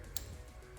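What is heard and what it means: An EVAP hose quick-connect fitting on a 2023-2025 Chevy Trax LT (1.2L turbo I3) slides onto the port of the vapor canister purge solenoid valve and clicks in at 0.2 s, a short, sharp, bright tick over steady low music. The connector is seated and then tug-tested.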